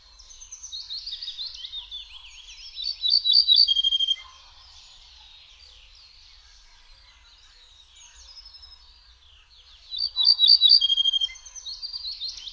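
Ortolan bunting song: a short, loud phrase of ringing high notes, given twice, with other birdsong around it.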